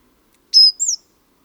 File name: Parus major